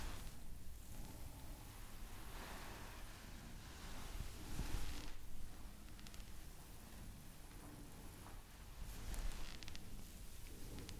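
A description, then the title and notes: Steady rubbing and rustling of hands during an ASMR massage, with brighter swishing strokes swelling around two, five and nine seconds. ASMR Massage For Relaxation.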